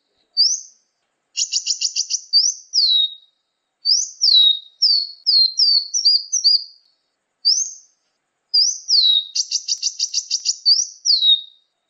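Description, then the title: Sunbird chirps, thin high notes sliding downward in clusters, alternating with two harsh buzzy trills, then silence between bursts. "kicau kolibri"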